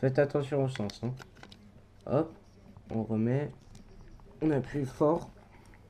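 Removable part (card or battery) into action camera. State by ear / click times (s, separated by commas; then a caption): not seated / none. A removable part, a card or battery, is handled and re-inserted into a GoPro action camera in the correct orientation after first being put in the wrong way round, and is pressed hard to push it in. Someone talks over soft handling and shuffling sounds. Nothing has seated or clicked yet by the end of the clip.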